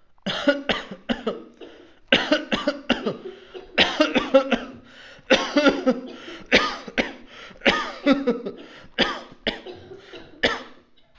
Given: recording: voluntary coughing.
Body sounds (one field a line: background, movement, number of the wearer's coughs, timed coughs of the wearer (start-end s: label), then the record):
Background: a bystander coughing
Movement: sitting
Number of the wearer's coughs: 18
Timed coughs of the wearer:
0.19-0.66 s: cough
0.59-0.96 s: cough
1.07-1.43 s: cough
2.09-2.49 s: cough
2.49-2.87 s: cough
2.87-3.16 s: cough
3.75-4.13 s: cough
4.13-4.49 s: cough
4.49-4.82 s: cough
5.28-5.63 s: cough
5.63-6.07 s: cough
6.50-6.95 s: cough
6.95-7.16 s: cough
7.63-7.99 s: cough
8.04-8.46 s: cough
8.96-9.34 s: cough
9.44-9.70 s: cough
10.41-10.66 s: cough
From the record:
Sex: male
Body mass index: 22.0 kg/m2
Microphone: on the chest, facing outward